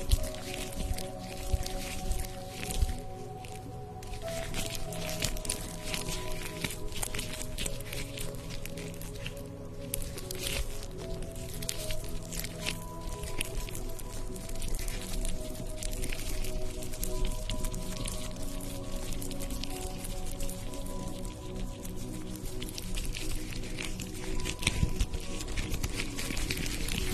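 Sounds of a facial treatment with steam, cream and massage: a steady, droning hiss with a low hum runs throughout. Over it come frequent soft, wet squishing and rubbing noises at an uneven pace, with a slightly louder burst near the start.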